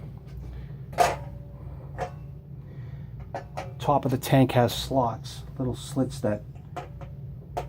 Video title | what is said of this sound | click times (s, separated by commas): Hot water tank replacement 3/5 | piece just snaps right into centers it and | 6.8 s